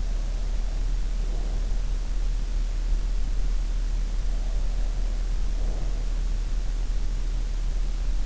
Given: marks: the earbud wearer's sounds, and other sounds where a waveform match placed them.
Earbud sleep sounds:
sounds in sleep by an in-ear microphone; breath
0.00-1.84 s: breath
4.17-6.39 s: breath

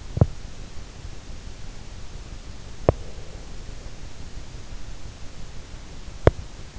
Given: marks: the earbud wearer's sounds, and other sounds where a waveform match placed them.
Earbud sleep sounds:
sounds in sleep by an in-ear microphone; teeth grinding, breath
0.00-0.46 s: teeth grinding
2.75-3.10 s: teeth grinding
2.75-3.94 s: breath
6.05-6.57 s: teeth grinding

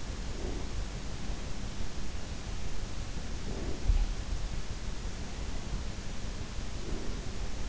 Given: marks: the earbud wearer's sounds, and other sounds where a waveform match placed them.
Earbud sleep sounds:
sounds in sleep by an in-ear microphone; breath
0.02-1.12 s: breath
3.20-4.18 s: breath
6.40-7.69 s: breath

